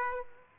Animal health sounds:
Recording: mosquito wingbeat signal from an infrared sensor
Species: Aedes aegypti

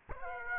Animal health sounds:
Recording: mosquito wingbeat signal from an infrared sensor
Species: Aedes aegypti

